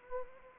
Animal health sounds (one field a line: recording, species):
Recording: mosquito wingbeat signal from an infrared sensor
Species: Anopheles arabiensis